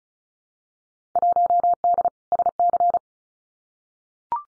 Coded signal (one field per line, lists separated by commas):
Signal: Morse code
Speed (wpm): 36 wpm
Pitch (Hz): 700 Hz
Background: none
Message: 1D SC